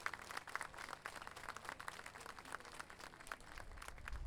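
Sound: audience applause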